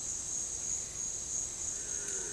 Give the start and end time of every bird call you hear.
[1.74, 2.33] bird call (0.4-2.2 kHz)

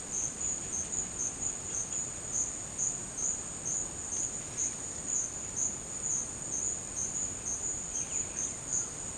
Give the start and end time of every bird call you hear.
[7.86, 8.59] bird call (1.7-4.4 kHz)

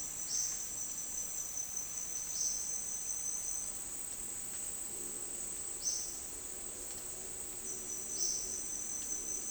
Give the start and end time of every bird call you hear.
[0.25, 0.48] bird call (3.5-6.7 kHz)
[2.23, 2.65] bird call (4.0-6.6 kHz)
[5.78, 6.22] bird call (3.5-6.6 kHz)
[8.10, 8.48] bird call (2.7-6.9 kHz)

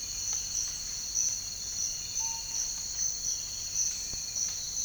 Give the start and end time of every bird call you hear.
[2.15, 2.64] bird call (0.6-1.1 kHz)

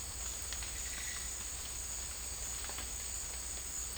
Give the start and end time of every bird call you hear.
[0.75, 1.29] bird call (0.8-3.3 kHz)

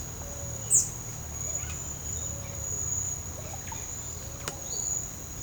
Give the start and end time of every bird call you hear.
[0.16, 1.00] bird call (0.2-9.1 kHz)
[1.60, 1.79] bird call (0.9-3.7 kHz)
[3.27, 3.74] bird call (0.4-3.8 kHz)
[4.66, 4.95] bird call (2.7-5.3 kHz)

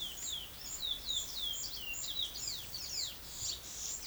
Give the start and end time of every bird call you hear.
[0.00, 4.07] bird call (2.3-6.2 kHz)

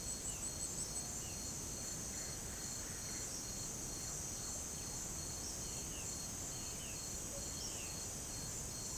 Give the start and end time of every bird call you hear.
[0.00, 1.39] bird call (2.4-3.6 kHz)
[5.75, 7.87] bird call (2.0-3.5 kHz)

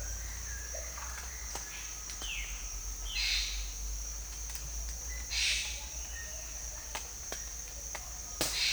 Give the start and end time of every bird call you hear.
[2.19, 2.47] bird call (1.7-4.2 kHz)
[3.03, 3.61] bird call (1.7-5.6 kHz)
[5.08, 6.33] bird call (1.3-5.9 kHz)

